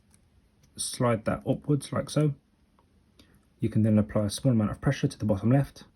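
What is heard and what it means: A plastic keycap is slid upward and pressed at its bottom left onto a keyboard scissor clip on a 2019–2021 MacBook Pro (A2141, A2251, A2289, A2338, Intel and M1) while someone talks. Only faint ticks are heard in the pauses, around 0.1, 0.6, 2.8 and 3.2 seconds. The keycap has not yet clicked into place; nothing has seated.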